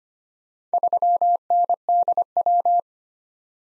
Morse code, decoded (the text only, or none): 3NDW